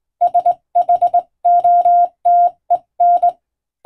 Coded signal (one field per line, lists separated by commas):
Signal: Morse code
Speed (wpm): 21 wpm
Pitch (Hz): 700 Hz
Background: none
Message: SHOTEN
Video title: 【無線通信士】縦振り電鍵で打つ珍しい欧文暗語のモールス無線電報、昔は船と陸との唯一の通信手段、大変重要な無線通信でした。アマチュア無線の受信トレーニングにどうぞ morse code practice